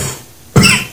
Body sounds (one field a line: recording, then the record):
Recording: coughing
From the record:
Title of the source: Mid-morning Winter Coughing Fit